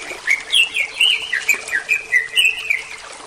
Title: Kicau Kacer